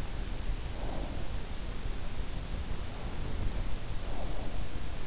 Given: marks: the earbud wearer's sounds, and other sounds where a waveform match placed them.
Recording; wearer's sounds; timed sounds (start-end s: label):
sounds in sleep by an in-ear microphone; breath
0.78-1.46 s: breath
3.95-4.66 s: breath